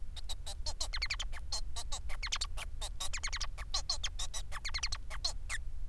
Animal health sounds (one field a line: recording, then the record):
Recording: song of a male Bengalese finch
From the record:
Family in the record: son of father 4